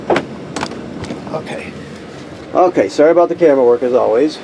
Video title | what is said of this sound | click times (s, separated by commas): 2022 Flagstaff Micro Lite 25FKS | and of course this there's another tv here and this locks into place same barrel thing here okay let me let me do that now | 0.1 s, 0.6 s